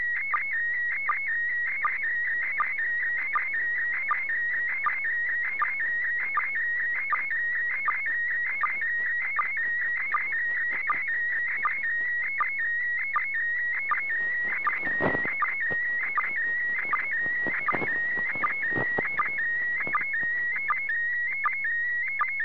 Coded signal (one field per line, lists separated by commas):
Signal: SSTV (slow-scan television)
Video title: SSTV SLOW SCAN TV FROM THE ISS International Space Station 12 04 2015[HD]